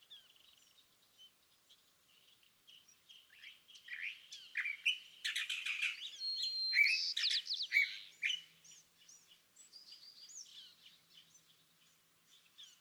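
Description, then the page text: California thrasher singing a jumbled medley of chirps, slurred whistles and rough buzzy notes that swell loudest in the middle, then soften into scattered short phrases. Song at dawn, excerpted from a longer dawn session on day 1, repeating a theme of notes the thrasher chose that morning; March 9, 2017, Montaña de Oro State Park, Los Osos, California. "Birdsong for the Curious Naturalist. California thrasher. Song, excerpted from a longer dawn session on day 1. listen for the repeated theme of notes that the thrasher has chosen to use this morning. March 9, 2017. Montaña de Oro State Park, Los Osos, California"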